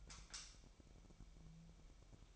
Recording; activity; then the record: daily activity, microphone in the room; light off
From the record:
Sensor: 1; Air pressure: 1001.9 hPa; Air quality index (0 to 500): 249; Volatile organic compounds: 54 ppm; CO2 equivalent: 3347 ppm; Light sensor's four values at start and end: 15/48/19/19 and 5/11/4/5